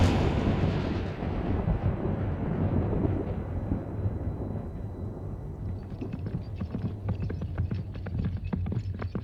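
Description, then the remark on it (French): A loud, deep rolling rumble of thunder fills the first seconds and slowly fades, giving way to a steady run of sharp crackling taps. No one speaks. “En plus, certains habitants maîtrisent un art magique diabolique qui leur permet de déclencher, quand ils le souhaitent, des orages, des tempêtes et de gros coups de tonnerre.”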